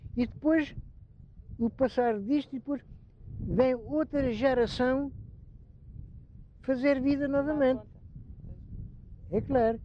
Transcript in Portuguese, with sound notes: E depois, o passar disto; e depois, vem outra geração [pausa] fazer vida novamente. É claro.